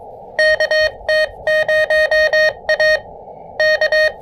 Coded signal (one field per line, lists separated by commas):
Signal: Morse code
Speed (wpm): 23 wpm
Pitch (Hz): 590 Hz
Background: none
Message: KT0A K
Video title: Fort Macon State Park: High band, low-impact QRP POTA Activation!